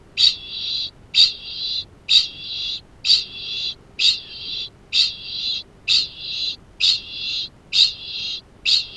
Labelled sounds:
Kākāpō (Strigops habroptilus) ching call
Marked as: faintness 2/5
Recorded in New Zealand
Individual Arab

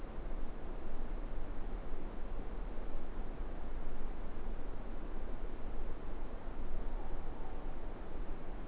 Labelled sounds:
Morepork (Ninox novaeseelandiae) more-pork call
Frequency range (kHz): Morepork (Ninox novaeseelandiae) 0.7-1.0 kHz
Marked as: faintness 4/5
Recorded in New Zealand
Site Eglinton

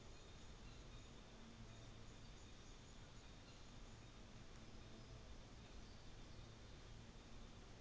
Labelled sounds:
North Island Saddleback (Philesturnus rufusater)
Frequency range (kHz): North Island Saddleback (Philesturnus rufusater) 1.0-4.4 kHz
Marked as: faintness 4/5
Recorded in New Zealand on 24 December 2018
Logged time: 14:00

